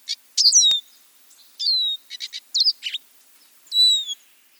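Lesser goldfinch calls: several sharp high chips and three plaintive, falling whistled notes, spaced by short pauses.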